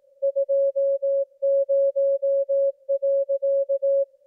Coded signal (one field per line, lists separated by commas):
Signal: Morse code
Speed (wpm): 18 wpm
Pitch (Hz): 550 Hz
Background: music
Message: 20.